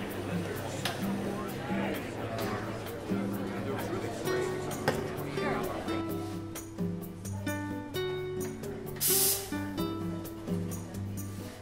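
Seaside cafe ambience: a steady low hum under a soft murmur of voices, with cups and dishes clinking often throughout. Faint sustained tones shift in the background, and a brief bright hiss, like a steam wand, bursts out around nine seconds.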